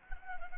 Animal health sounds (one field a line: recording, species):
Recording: mosquito wingbeat signal from an infrared sensor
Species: Anopheles arabiensis